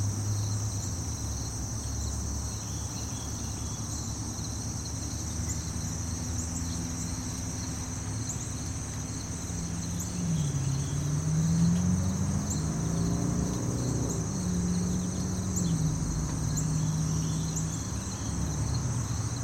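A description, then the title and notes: Crickets and cicadas trill steadily in high bands over a continuous low traffic rumble, with a wavering engine-like drone rising midway. Late Summer in the city park.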